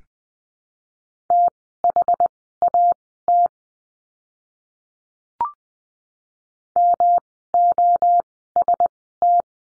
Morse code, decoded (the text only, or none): THAT MOST